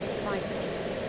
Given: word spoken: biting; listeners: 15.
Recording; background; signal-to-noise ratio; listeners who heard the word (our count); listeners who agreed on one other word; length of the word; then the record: one English word in noise, from a listening test; speech-shaped noise; -6.9 dB; 0 of 15; 7 of 15; 0.69 s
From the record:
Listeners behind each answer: 7, 4, 1, 1, 1, 1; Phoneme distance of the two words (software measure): 10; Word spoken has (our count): 2 syllables, 5 phonemes, stress on syllable 1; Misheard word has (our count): 2 syllables, 5 phonemes, stress on syllable 1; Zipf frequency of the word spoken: 3.84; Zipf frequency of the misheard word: 4.87